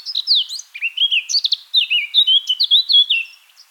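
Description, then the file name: Eurasian blackcap song: a rapid, continuous warble of chattering and fluty whistled notes. "Sylvia atricapilla"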